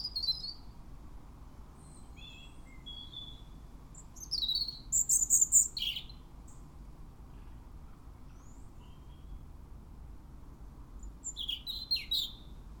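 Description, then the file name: European robin giving scattered thin high notes, then a burst of sparkling, jumbled twitters at midway, a long quiet pause and a final bright flourish. "Erithacus rubecula"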